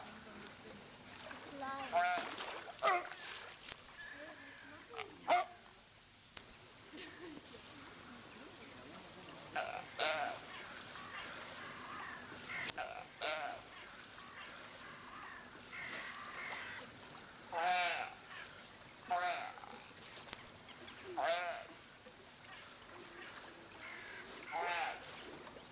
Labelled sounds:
Brown Fur Seal call

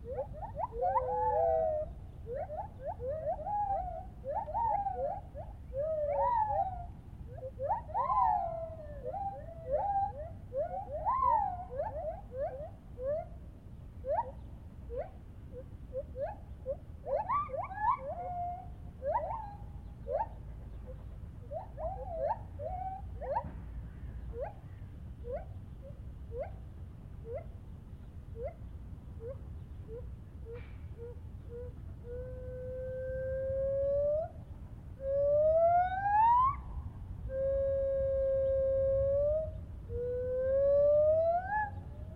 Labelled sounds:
Lar Gibbon

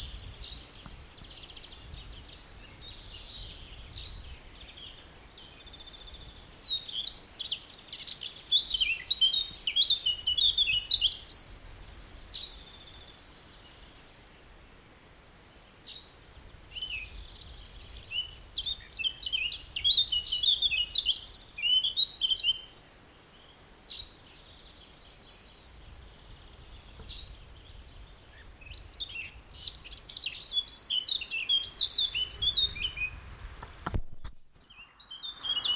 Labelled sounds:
Garden Warbler

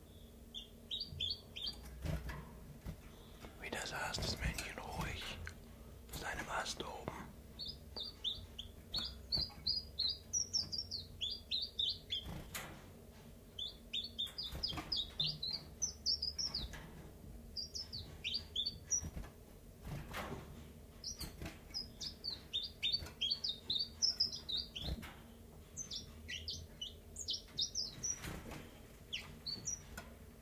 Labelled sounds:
Common Chiffchaff

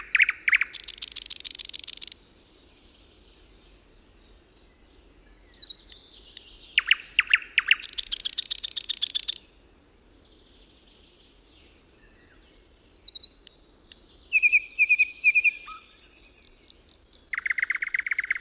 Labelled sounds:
Thrush Nightingale song

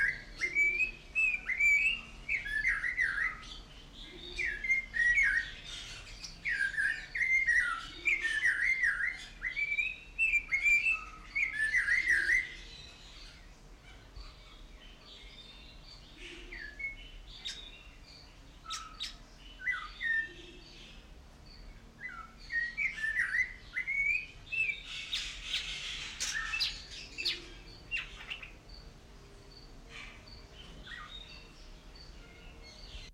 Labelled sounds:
Snowy-crowned Robin-Chat

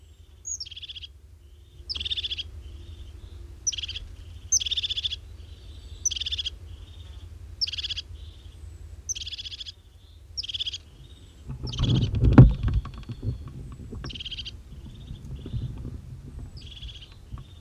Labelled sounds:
European Crested Tit

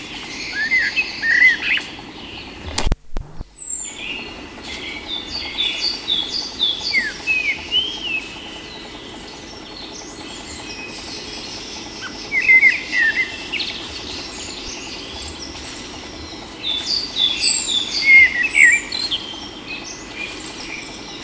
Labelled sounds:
Common Blackbird song

